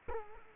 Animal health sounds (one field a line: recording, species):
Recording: mosquito wingbeat signal from an infrared sensor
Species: Culex quinquefasciatus